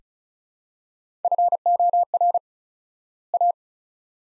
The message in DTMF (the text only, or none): none